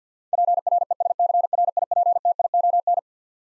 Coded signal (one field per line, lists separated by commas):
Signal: Morse code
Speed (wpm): 50 wpm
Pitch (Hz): 700 Hz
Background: none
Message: PRESCRIPTION